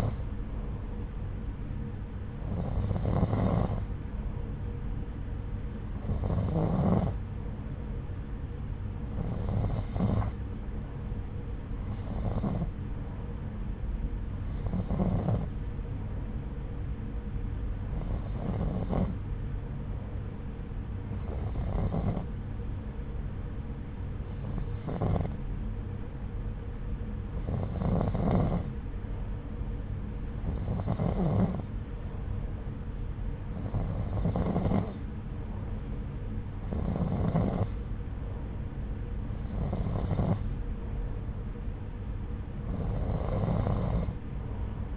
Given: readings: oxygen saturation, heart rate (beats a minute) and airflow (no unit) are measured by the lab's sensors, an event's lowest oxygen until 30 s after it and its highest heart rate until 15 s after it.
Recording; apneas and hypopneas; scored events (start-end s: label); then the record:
breathing in sleep by a smartphone at the bedside; none
none scored
From the record:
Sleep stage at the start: N2 (light sleep); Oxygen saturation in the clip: 90 to 92%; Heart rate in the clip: 66 to 78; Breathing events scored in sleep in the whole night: 303 in 8.1 hours asleep